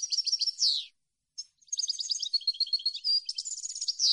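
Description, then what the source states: European goldfinch song: near-continuous bright, tinkling twitters and trills with buzzy downslurred notes, broken by one short pause. Clean goldfinch song recording made for copying, meant for song training of birds.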